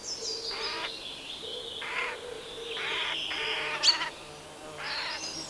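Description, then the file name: Eurasian jay giving a few spaced, rasping screeches, with thin high notes from other birds. "Garrulus glandarius"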